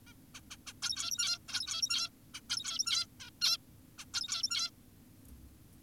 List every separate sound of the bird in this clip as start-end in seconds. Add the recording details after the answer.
0.07-0.13, 0.35-0.41, 0.51-0.56, 0.67-0.73, 0.82-1.38, 1.49-2.09, 2.34-2.41, 2.50-3.06, 3.20-3.30, 3.42-3.58, 3.98-4.05, 4.14-4.70. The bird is an adult. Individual g17y2U